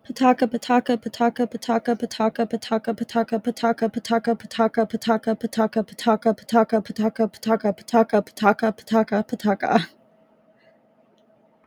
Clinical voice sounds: repeated syllables /pa ta ka/; female; 20 to 29 years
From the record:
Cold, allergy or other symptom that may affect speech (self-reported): no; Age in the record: 25 years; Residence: Washington, United States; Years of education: 17

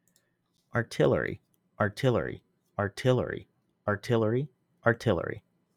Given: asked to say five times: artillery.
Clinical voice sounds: repeated word; male; 20 to 29 years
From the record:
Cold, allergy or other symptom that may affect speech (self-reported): no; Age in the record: 28 years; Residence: Pennsylvania, United States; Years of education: 18

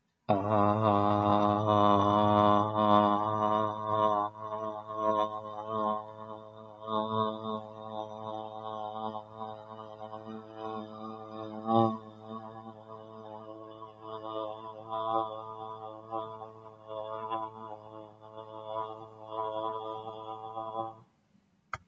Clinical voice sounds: vowel held as long as possible; male; 40 to 49 years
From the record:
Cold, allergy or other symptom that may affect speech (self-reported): no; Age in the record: 49 years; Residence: Illinois, United States

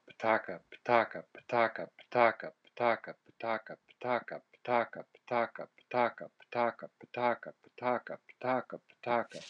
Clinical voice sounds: repeated syllables /pa ta ka/; male; 40 to 49 years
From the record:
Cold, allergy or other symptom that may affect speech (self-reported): no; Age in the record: 41 years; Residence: Indiana, United States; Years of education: 15

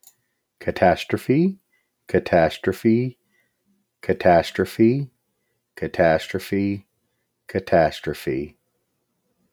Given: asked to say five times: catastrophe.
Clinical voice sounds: repeated word; male; 40 to 49 years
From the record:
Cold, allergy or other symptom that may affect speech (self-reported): no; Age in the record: 43 years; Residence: Nebraska, United States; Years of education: 13

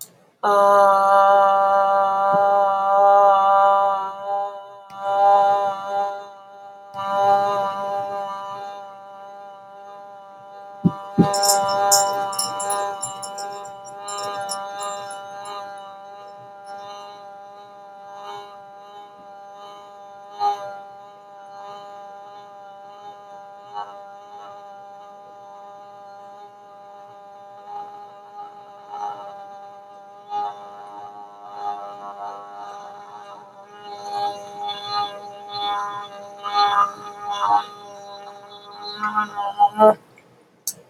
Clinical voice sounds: vowel held as long as possible; female; 30 to 39 years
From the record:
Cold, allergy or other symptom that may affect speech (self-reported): no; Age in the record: 33 years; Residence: Pennsylvania, United States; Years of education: 16

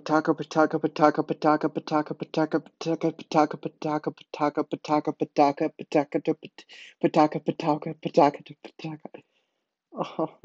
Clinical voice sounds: repeated syllables /pa ta ka/; male; 20 to 29 years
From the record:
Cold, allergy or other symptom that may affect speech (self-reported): no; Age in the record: 22 years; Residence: Wisconsin, United States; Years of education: 14

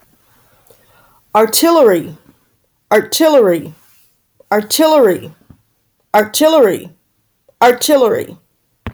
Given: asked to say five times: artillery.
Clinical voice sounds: repeated word; female; 40 to 49 years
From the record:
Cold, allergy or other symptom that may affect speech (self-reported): no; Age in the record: 46 years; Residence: Missouri, United States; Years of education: 16

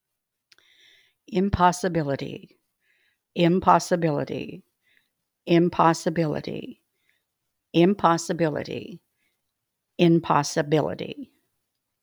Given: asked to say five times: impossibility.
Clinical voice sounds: repeated word; female; 70 to 79 years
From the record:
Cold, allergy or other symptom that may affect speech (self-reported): no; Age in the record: 77 years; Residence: South Carolina, United States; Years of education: 14

